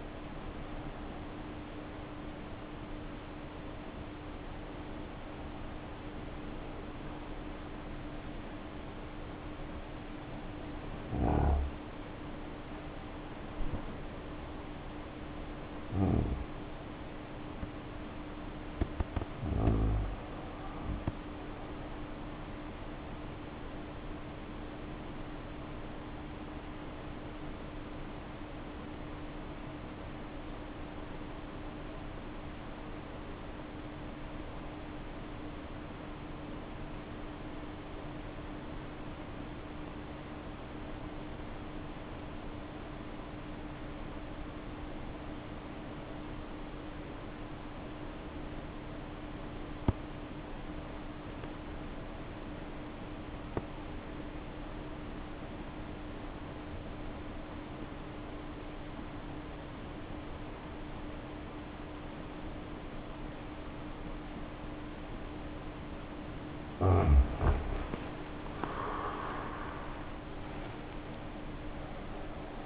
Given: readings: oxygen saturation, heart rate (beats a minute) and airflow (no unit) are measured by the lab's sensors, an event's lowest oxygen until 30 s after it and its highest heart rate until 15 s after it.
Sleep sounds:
breathing in sleep by a voice recorder at the bedside; 1
10.00-66.30 s: obstructive apnea (N1, oxygen 94% highest, then 71% lowest, heart rate 60 at the start, 84 highest)
21.00-72.66 s: new sleep stage, REM sleep
From the record:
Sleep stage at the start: N1 (lightest sleep); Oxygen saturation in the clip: 68 to 94%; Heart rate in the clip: 52 to 83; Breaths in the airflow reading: 5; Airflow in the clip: -2.0 to 1.6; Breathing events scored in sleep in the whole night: 520 in 7.2 hours asleep

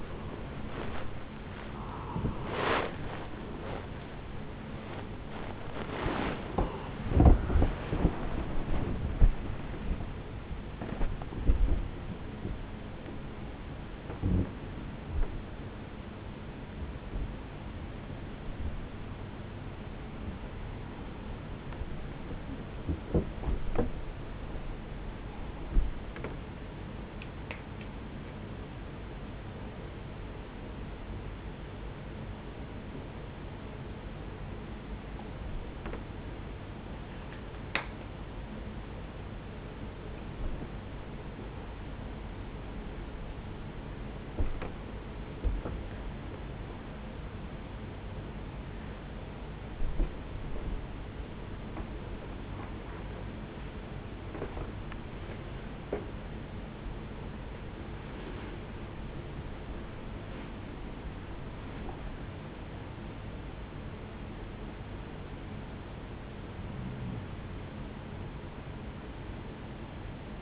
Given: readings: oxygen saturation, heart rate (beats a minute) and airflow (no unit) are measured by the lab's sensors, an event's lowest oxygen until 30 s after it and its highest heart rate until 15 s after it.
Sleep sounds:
a person awake in a sleep study, by a voice recorder at the bedside; none
0.00-70.42 s: awake
From the record:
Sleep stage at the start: awake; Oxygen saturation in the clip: 87 to 98%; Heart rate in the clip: 44 to 95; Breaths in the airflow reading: 18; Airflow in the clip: -7.7 to 9.4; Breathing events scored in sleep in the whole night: 449 in 7.0 hours asleep

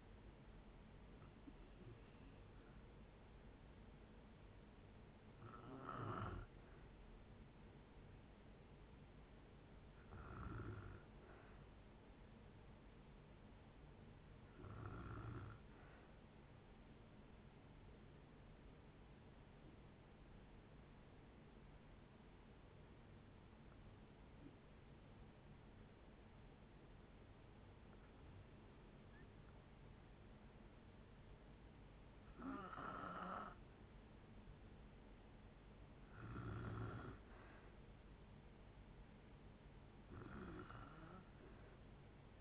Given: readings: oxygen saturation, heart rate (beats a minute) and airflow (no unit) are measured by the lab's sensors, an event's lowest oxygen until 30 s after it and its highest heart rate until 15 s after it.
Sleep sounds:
breathing in sleep by a voice recorder at the bedside; 1
11.00-41.00 s: new sleep stage, N2 (light sleep)
16.00-33.30 s: hypopnea (N2, oxygen 97% highest, then 93% lowest, heart rate 66 at the start, 68 highest)
41.00-42.41 s: new sleep stage, N3 (deep sleep)
From the record:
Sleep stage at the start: N1 (lightest sleep); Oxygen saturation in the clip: 85 to 97%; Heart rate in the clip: 62 to 75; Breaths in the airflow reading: 10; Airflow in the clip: -6.8 to 6.6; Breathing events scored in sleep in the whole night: 496 in 5.4 hours asleep

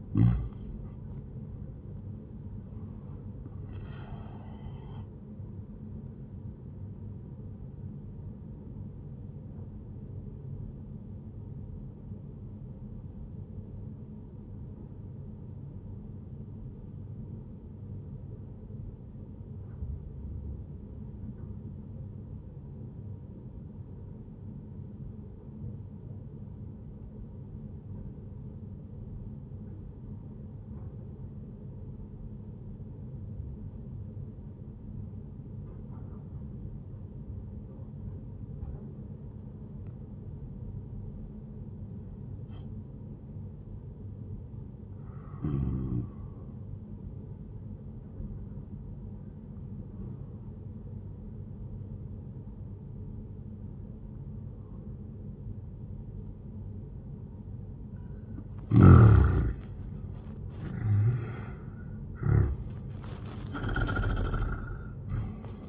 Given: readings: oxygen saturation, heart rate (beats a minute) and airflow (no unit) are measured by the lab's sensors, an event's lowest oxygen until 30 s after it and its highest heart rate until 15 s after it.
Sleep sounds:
breathing in sleep by a smartphone at the bedside; 1
1.00-31.00 s: new sleep stage, N1 (lightest sleep)
11.00-58.90 s: obstructive apnea (N1, oxygen 98% highest, then 83% lowest, heart rate 75 at the start, 86 highest)
31.00-61.00 s: new sleep stage, N2 (light sleep)
61.00-65.69 s: new sleep stage, N1 (lightest sleep)
From the record:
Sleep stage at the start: N2 (light sleep); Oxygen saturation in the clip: 84 to 98%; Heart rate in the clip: 67 to 86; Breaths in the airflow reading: 4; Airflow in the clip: -14.3 to 13.7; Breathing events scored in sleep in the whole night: 131 in 7.2 hours asleep

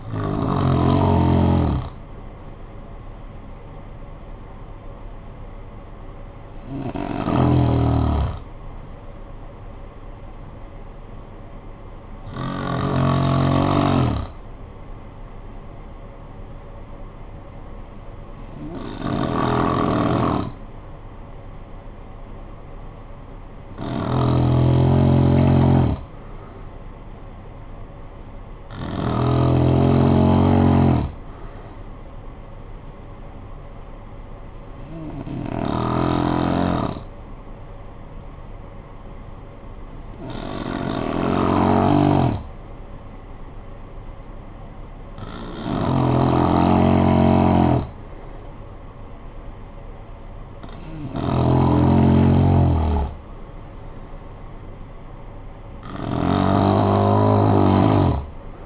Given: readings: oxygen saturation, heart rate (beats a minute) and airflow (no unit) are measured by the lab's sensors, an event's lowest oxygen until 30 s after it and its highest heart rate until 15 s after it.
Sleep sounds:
breathing in sleep by a smartphone at the bedside; 2
13.00-25.10 s: hypopnea (N2, oxygen 97% highest, then 93% lowest, heart rate 58 at the start, 58 highest)
35.00-47.00 s: hypopnea (N2, oxygen 95% highest, then 91% lowest, heart rate 54 at the start, 64 highest)
From the record:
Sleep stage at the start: N2 (light sleep); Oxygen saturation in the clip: 88 to 97%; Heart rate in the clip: 51 to 66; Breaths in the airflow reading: 11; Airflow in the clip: -8.8 to 6.5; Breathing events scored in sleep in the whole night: 445 in 7.6 hours asleep

